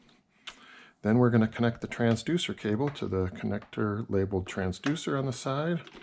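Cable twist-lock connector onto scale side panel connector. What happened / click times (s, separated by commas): The twist-lock cable connector seated against its stop / 0.5 s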